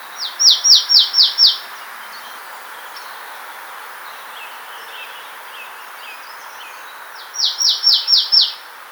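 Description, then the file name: Marsh tit giving two bursts of five or six rapid, high chipping notes that each slide downward, separated by roughly six seconds of faint background hiss. "Poecile palustris"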